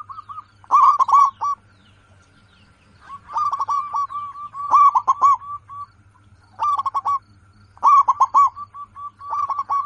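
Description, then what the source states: Zebra dove song, loud clipped coos strung into fast rolling phrases every second or two, with softer trailing notes and a steady background hum. Local zebra dove, a lively, in-form singer with a clear, crystal-like loud voice.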